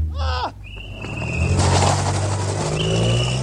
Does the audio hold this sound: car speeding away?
yes